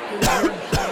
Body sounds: coughing mixed with background sound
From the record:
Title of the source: Coughing 51

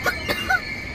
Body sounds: coughing mixed with background sound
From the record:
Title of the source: choking, hacking coughing

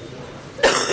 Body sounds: coughing mixed with background sound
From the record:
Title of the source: 34 coughing up crap again

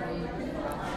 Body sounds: background sound without coughing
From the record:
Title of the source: 60 minutes of coffee shop sounds for study and concentration

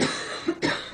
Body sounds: coughing mixed with background sound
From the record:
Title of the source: female coughing - coughing sound effects girl

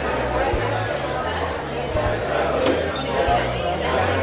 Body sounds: background sound without coughing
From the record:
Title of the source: CITY SOUNDS Busy Bar in the Evening Night - 2 HOURS of Ambiance for Relaxation

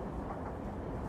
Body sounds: background sound without coughing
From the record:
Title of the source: Train Ride Ambience ambient white noise for sleeping, focus, studying, reading

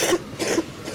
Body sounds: coughing mixed with background sound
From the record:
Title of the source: 61 morning phlegmy cough...again

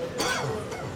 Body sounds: coughing mixed with background sound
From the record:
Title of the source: Dry Coughing Fit in the Afternoon.

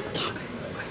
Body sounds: coughing mixed with background sound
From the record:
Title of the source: Wet coughing

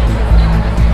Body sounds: background sound without coughing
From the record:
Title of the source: Party Noise 1 Hour Party Ambience

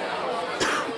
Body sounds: coughing mixed with background sound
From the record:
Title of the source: 31 night wet cough

